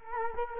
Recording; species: mosquito wingbeat signal from an infrared sensor; Culex quinquefasciatus